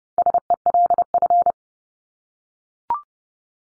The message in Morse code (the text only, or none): SELF